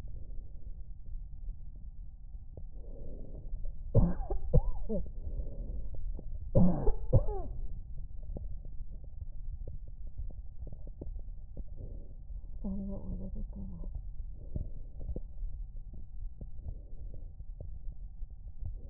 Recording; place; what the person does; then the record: lung sounds by stethoscope; left anterior apical chest; quiet breathing, then cough and speech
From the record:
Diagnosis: interstitial lung disease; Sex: female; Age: 53 years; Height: 168 cm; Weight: 108 kg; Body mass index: 38.3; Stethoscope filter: extended mode